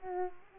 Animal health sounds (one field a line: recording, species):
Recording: mosquito wingbeat signal from an infrared sensor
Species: Aedes aegypti